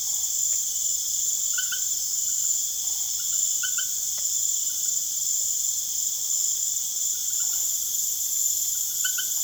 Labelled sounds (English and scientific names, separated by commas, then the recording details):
none
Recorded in secondary vegetation near Puerto Asís, Putumayo, Colombia, on 22 June 2025 at 19:30
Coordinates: 0.489, -76.322
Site G021